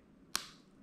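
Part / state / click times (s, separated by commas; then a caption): laptop key scissor mechanism into the keyboard frame / partly seated / 0.4 s. A plastic laptop key scissor mechanism from an M1 MacBook Air is pressed down by hand into the keyboard frame during a sticky key fix. It gives one sharp click at 0.4 s. One side has clicked home and the other side is still to do.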